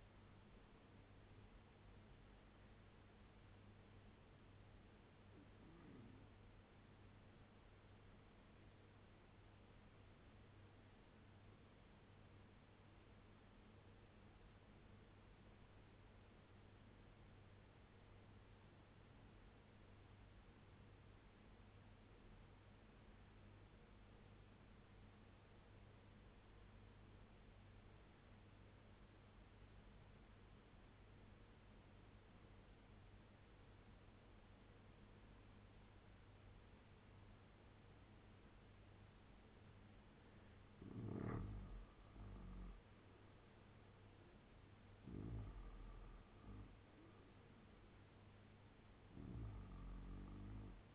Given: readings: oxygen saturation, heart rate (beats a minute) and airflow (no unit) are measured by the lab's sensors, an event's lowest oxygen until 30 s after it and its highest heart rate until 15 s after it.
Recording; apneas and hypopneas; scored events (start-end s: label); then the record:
breathing in sleep by a voice recorder at the bedside; 1
11.00-42.20 s: obstructive apnea (N2, oxygen 96% highest, then 83% lowest, heart rate 69 at the start, 83 highest)
From the record:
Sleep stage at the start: N2 (light sleep); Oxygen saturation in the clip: 85 to 96%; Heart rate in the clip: 67 to 83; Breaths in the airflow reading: 4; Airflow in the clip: -9.7 to 8.9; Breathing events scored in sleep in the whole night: 201 in 6.5 hours asleep